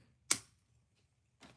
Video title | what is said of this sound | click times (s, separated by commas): LEGO One Piece Polybag and Star Wars Unbox Build and Chill | That was a satisfying click. | 0.3 s